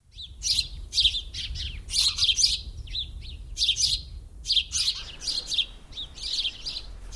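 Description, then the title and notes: House sparrow chirping, loud repeated high cheeps in quick bursts with short pauses, over a low rumbling background. "Viikon luontoääni: Varpunen. Juha Laaksonen"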